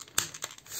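A plastic canopy on a transforming robot toy is brought around and pushed until it clicks into place in the toy's body, seating at 0.2 s with a sharp, fairly aggressive-sounding snap. Softer plastic clicks and rustles follow around 0.4 s before the sound fades into quiet hiss.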